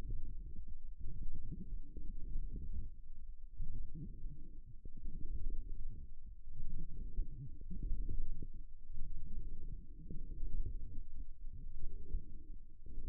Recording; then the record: forearm muscle sounds (acoustic myography)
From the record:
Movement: forearm pronation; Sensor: system 1, eight BSWA MPA416 microphones around the upper forearm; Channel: 8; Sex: female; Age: 21 years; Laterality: right